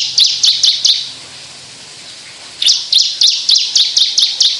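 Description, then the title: Javan bush lark giving fast runs of sharp, high chips, two bursts separated by a pause of about a second and a half. Song given in skyward song flight, locally called sundul langit. "Branjangan Sundul Langit"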